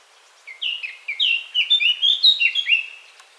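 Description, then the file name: Eurasian blackcap song, one continuous phrase of quick, clear, fluty whistles with slurred notes. "Sylvia atricapilla"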